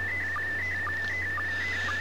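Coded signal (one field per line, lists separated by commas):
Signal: SSTV (slow-scan television)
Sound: warbling tone around 2 kHz with short low sync chirps about twice a second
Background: low mains hum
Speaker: if someone else was listening to me transmit this this is what they would see now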